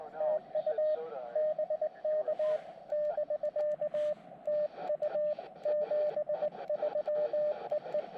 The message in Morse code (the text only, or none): TU BK <BK> TU 73 EE